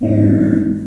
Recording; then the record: squeal of a Yucatan mini pig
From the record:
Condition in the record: after surgery on the right vocal fold (resection and tissue-engineered implant); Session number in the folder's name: 4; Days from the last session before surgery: 26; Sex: female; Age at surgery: 19 weeks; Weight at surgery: 25 kg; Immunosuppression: prednisolone